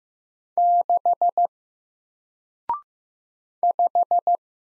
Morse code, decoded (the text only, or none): 6 5